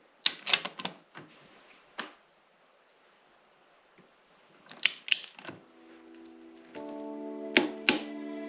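A torque wrench set to 27 N·m tightens the steel cylinder head bolts of a KTM motorcycle engine in a cross pattern. Sharp paired clicks come at 0.3, 4.9 and 7.6 seconds under background music as the wrench breaks over at each bolt. No one talks.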